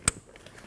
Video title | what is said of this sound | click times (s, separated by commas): How to Replace AC Condenser & Receiver Drier Assembly 2013-2019 Ford Escape 1.5L L4 | Now reinstall your air intake sensor. Wait for the click. | 0.1 s